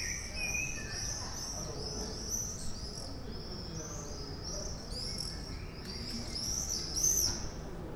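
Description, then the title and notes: Common swift screams, shrill buzzy high-pitched calls repeated in rapid overlapping bursts throughout, several birds seemingly calling together over a low background rumble. Recorded in Bonn old town in July 2006. "bonn altstadt, mauersegler - mauersegler im juli 2006. Mauersegler, Bonn, Juli 2006. by maik johannsen"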